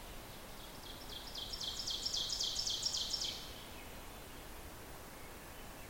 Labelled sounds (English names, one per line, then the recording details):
Ovenbird song
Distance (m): 60 m
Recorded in boreal forest in Alberta, Canada, on 14 June 2016 at 06:04
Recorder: SongMeter 3, array SBT-3-33
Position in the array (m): 105 m, 21 m
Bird 21